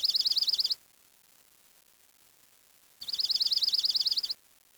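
Bird calls: a quick burst of about eight high, sharp chirps under a second, a pause of two seconds, then a longer run of a dozen or more at the same pace.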